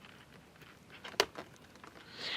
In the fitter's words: that locks into place down there so there's a locking piece